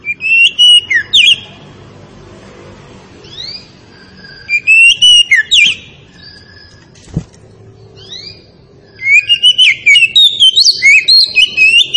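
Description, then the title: Oriental magpie-robin singing in separate bursts of sweet whistles and scratchy notes, with pauses between bursts and one sharp click in a gap. Tretes variety of oriental magpie-robin, described as in full, active song (gacor). "Kacer Tretes Gacor"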